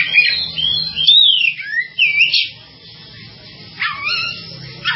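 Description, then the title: Java sparrow song: a few swooping, slurred whistled notes, then a pause and a final chirpy burst, over a soft low hum. "kicau gelatik"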